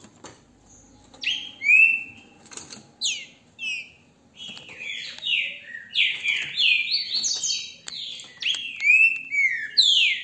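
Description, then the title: Green-winged saltator singing loud slurred whistles, starting after a quiet second, with phrases of downward and upward notes clustered together. Recorded with a mobile phone held in the hand; song described as beautiful. "GRAVEI COM CELULAR NA MÃO, trinca ferro canto lindo"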